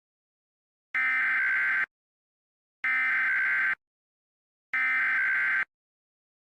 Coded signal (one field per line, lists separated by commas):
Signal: Emergency Alert System (SAME) tones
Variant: header bursts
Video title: EAS Mini - Spring (out)Break